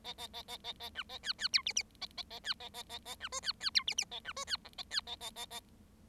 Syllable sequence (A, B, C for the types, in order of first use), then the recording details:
A A A A A A B A C C D E E A A A C A A A A B F C C D E E A B F C G A C A A A A. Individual Bird7